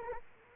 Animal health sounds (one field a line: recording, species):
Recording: mosquito wingbeat signal from an infrared sensor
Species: Culex quinquefasciatus